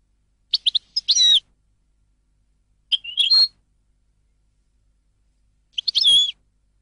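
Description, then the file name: European goldfinch: songbird giving three short bursts of sharp chirps and slurred, nasal notes, separated by pauses of a couple of seconds. "audio burung goldfinch"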